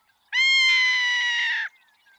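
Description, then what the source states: Ferruginous Hawk call: a single harsh, drawn-out scream lasting over a second, steady and slightly falling at the end, rich in overtones, with near silence around it. Name comes from the Latin word for rust.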